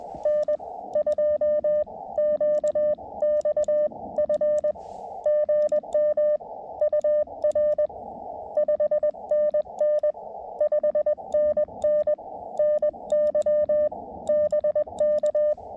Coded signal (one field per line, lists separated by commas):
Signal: Morse code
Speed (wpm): 20 wpm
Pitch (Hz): 590 Hz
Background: none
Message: N2QXF GM UR 5NN 5NN NY BK